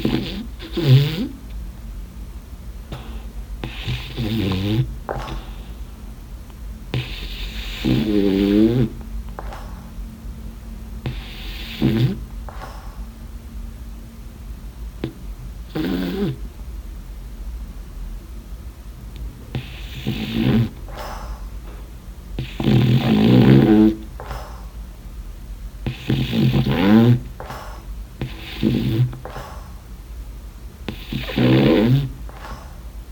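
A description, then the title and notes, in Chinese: A French Bulldog snores in loud, rasping bursts that come every few seconds, each breath rattling with a throaty flutter. Quieter wheezing breaths fill the gaps, and a low steady hum runs underneath. 法鬥的打呼聲。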